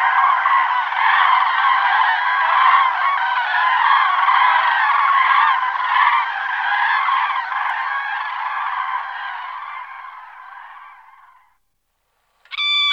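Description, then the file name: Common crane flock calling: a dense, continuous chorus of overlapping trumpeting calls that gradually fades out, followed by the start of another clear call at the end. "grue cendree"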